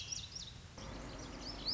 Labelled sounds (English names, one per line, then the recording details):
Lazuli Bunting
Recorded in Sonoma County, California